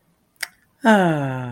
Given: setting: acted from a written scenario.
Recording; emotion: vocal sound without words; contentment